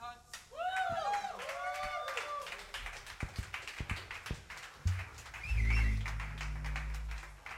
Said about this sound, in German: Schön, schön, dass es für Ignoranz noch so viel Applaus gibt.